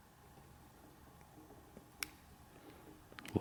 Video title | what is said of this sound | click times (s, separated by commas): We Overlooked this SIMPLE Upgrade on the Peterbilt!....I'm an Idiot!! | click action you can hear the lock | 2.0 s